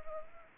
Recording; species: mosquito wingbeat signal from an infrared sensor; Anopheles arabiensis